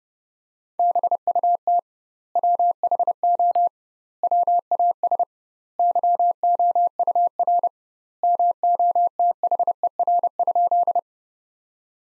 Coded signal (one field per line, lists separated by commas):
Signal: Morse code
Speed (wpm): 30 wpm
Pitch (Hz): 700 Hz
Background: none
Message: BUT WHO WAS YOUR MOTHER?